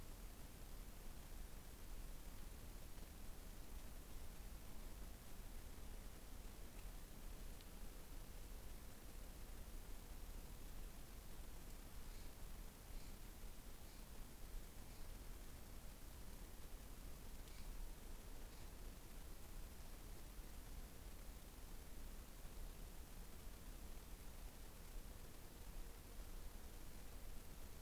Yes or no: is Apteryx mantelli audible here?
no